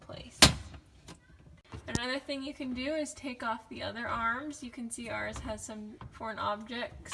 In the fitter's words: slide it on and then twist till it clicks and that's how you know it's locked into place